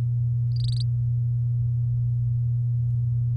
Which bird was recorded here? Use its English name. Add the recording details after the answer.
Domestic Canary. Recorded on 10 May 2018 at 17:10. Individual llb16